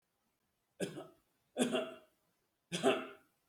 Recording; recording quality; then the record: shallow voluntary cough; excellent, no background noise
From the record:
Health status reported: healthy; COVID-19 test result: negative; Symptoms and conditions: diabetes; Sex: male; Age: 54 years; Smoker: not ticked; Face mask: not worn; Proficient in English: yes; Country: India